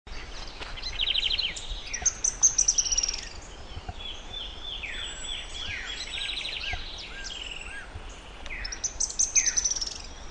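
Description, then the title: Grey-headed spinetail calling with high, rapid trills and falling chatter notes, in two main bursts separated by quieter stretches of background noise. "LuckyPassaro Completos2Sama. Grey-headed Spinetail (Cranioleuca semicinerea)"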